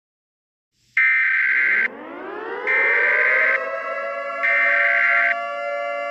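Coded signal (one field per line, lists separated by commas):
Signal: Emergency Alert System (SAME) tones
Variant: header bursts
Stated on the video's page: Fictional EAS scenario of an attack.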